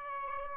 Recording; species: mosquito wingbeat signal from an infrared sensor; Aedes albopictus